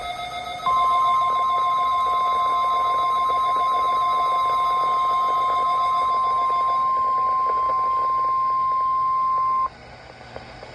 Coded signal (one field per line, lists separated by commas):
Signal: Emergency Alert System (SAME) tones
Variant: 1050 Hz attention tone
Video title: (EAS #117) LIVE VOICE KMKX Required Weekly Test (Tornado Drill Activation)